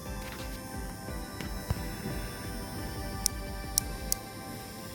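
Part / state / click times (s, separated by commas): ratchet thimble of a micrometer screw gauge closing on a sample / torque reached / 3.3 s, 3.8 s, 4.1 s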